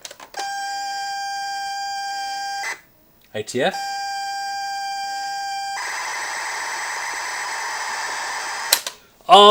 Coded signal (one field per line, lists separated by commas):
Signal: ZX Spectrum tape loading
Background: speech